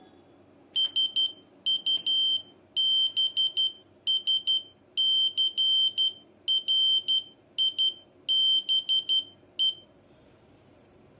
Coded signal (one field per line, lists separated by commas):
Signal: Morse code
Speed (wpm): 12 wpm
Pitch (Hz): 3100 Hz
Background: none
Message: SUBSCRIBE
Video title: RASPBERRY PI MORSE CODE SENDER